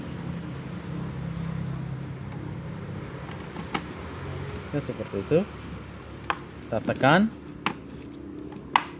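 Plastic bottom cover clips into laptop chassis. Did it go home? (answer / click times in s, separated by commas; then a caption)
yes / 7.7 s, 8.8 s. Someone talks while the plastic bottom case of an HP 14-cm009au (TPN-1132) laptop is pressed gently back onto the chassis after a RAM upgrade. Sharp clicks sound at 7.7 s and 8.8 s as its retaining clips snap in, and the cover is seated.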